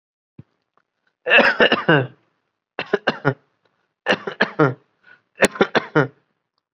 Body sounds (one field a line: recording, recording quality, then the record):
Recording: shallow voluntary cough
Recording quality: excellent, no background noise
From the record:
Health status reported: COVID-19 positive, mild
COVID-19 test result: positive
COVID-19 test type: RT-PCR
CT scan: not taken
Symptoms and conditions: cough, sore throat, fatigue, muscle pain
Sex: male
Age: 23 years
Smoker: no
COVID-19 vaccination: both doses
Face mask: worn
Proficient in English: no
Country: India